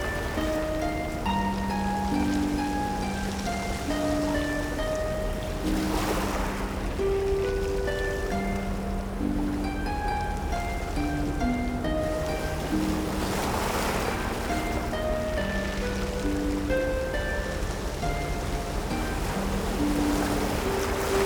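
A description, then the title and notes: Waves wash against the shore in a steady, dense hiss, swelling into fuller surges at about 6 and 13 seconds. Soft sustained tones drift over the water throughout, shifting slowly from one held pitch to the next in a calm, even pattern. Waves On the Sea Shore. The calming cadence of waves lapping the shore. Audio by Sokratis Seirlis.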